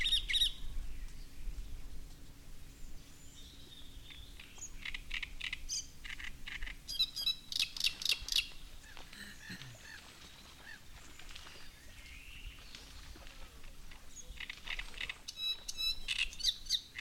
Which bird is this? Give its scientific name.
Acrocephalus arundinaceus